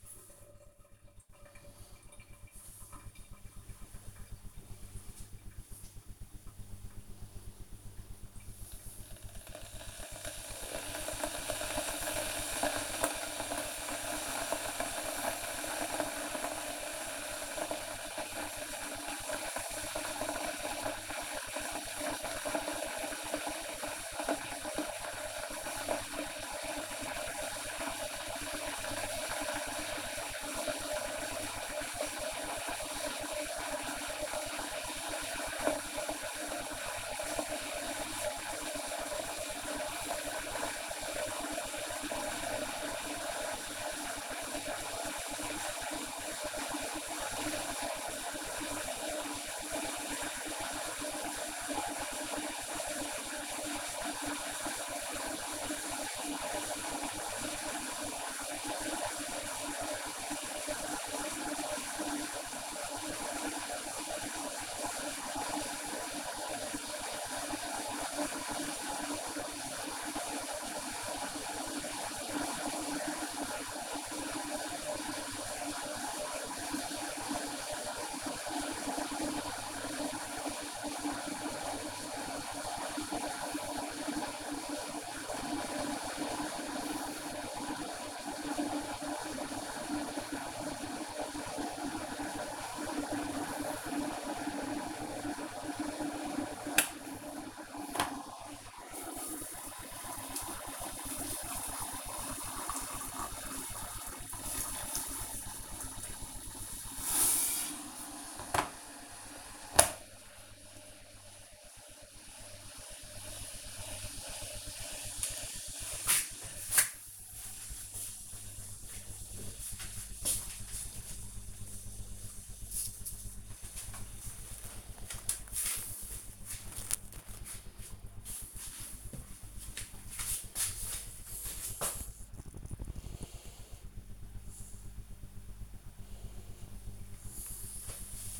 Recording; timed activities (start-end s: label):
household activities, microphone on the right wrist
0.00-115.92 s: making tea